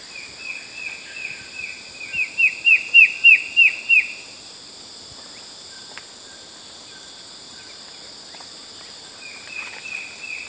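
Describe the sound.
Bird calls: a rhythmic series of sharp down-slurred chirps rising in loudness, then a pause with steady high buzzing, and a few softer chirps near the end.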